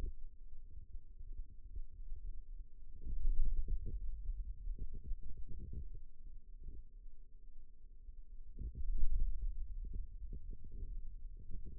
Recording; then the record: forearm muscle sounds (acoustic myography)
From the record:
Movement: ulnar deviation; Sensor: system 2, bracelet of six BSWA MPA416 microphones around the upper forearm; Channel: 3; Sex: male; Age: 22 years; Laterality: right